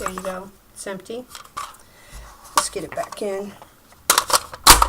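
Someone talks while an emptied magazine is handled and brought up toward the magazine well of an AR-15 rifle, with a few sharp knocks and handling noises toward the end. The magazine has not seated or clicked into place yet.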